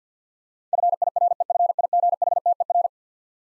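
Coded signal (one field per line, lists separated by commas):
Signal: Morse code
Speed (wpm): 50 wpm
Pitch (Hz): 700 Hz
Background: none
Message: FIREFIGHTER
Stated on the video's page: Morse code word drill of eleven-letter words at 50 wpm, each sent, then spoken, then sent again for head-copy practice.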